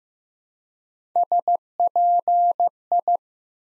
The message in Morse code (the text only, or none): SPI